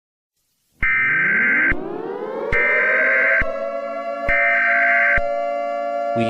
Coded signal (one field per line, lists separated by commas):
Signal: Emergency Alert System (SAME) tones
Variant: header bursts